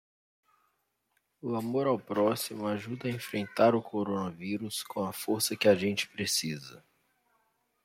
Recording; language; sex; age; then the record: spoken sentence; Brazilian Portuguese; male; 30 to 39 years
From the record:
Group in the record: control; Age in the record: 31 years